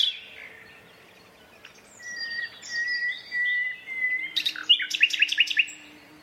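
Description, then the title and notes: Common nightingale song: a few drawn-out whistled notes rising in strength, then a burst of rapid sharp clicking notes, with a low steady hum beneath. Two males singing a competitive duet at dusk in a dense thorn thicket, north Dorset countryside woodland, during the dusk chorus; a tractor mowing the year's first silage nearby. "Sound Escape: An astonishing nightingale duet in a Dorset woodland. BBC Countryfile Magazine's Sound Escapes"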